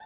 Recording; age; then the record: pig call; piglet (1 to 25 days)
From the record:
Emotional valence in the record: negative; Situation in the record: short isolation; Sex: female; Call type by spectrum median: low-frequency call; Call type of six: low-frequency tonal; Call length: 0.06 s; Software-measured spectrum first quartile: 828 Hz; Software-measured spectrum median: 1105 Hz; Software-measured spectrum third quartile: 2492 Hz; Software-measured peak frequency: 866 Hz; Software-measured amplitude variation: 6 dB a second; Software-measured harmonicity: 9.1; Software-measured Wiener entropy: -2.82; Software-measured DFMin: 827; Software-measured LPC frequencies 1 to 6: 840, 1759, 2737, 3560, 4421, 5283 Hz